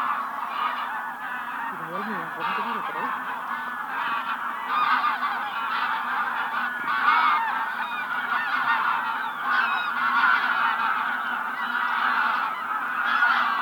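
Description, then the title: Goose: geese honking, a busy continuous chorus of nasal calls. "gansos"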